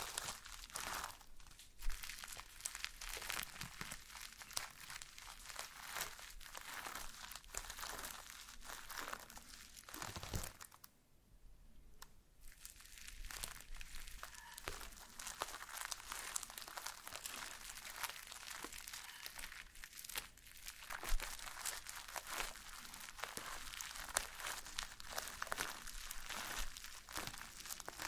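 Slime being squeezed and worked makes dense, continuous crackling and squishing with frequent bright pops, pausing briefly around eleven seconds before resuming.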